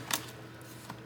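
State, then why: Not seated. The plastic bottom cover of a Dell Inspiron P115G laptop is lined up at the front and pushed down onto the chassis, and it sits flush with no lip. A sharp tap sounds at 0.1 s and a fainter one at 0.9 s over a low steady hum. The cover has not clicked in yet.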